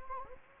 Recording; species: mosquito wingbeat signal from an infrared sensor; Anopheles gambiae